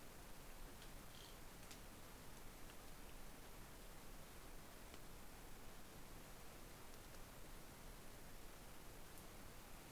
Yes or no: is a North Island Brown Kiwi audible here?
no